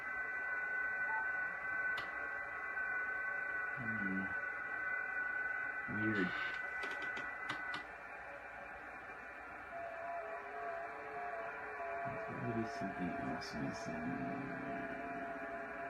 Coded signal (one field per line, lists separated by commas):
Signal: FT8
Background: speech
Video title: 05-05-2024 FT8 FT4 debut with VE3ARF and VA3EWV on the Yaesu FT-991